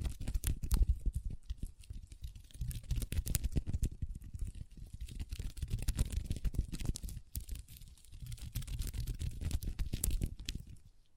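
Long fingernails tap and scratch across a tabletop in a dense, uneven flurry of quick clicks and rasping strokes. The sound sits mostly low and thuddy, with bright ticks on top, swelling and easing in bursts before thinning out near the end.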